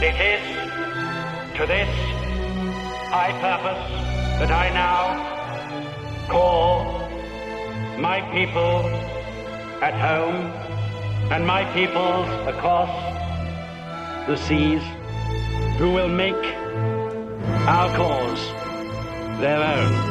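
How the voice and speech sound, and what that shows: Slow, halting adult male speech with repeated second-long pauses and stretched words over orchestral music: acted stuttering, portraying a king who has a stutter and copes with it with the help of a speech therapist.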